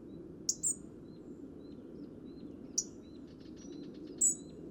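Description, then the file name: European robin uttering short piercing high notes, two of them in a quick pair, four in total, with faint twittering and a constant low background hum. "Erithacus rubecula"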